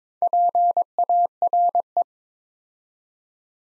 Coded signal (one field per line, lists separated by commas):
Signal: Morse code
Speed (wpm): 23 wpm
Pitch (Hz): 700 Hz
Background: none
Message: PARE